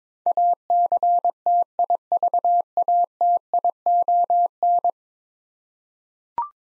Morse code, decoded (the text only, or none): ACTIVATION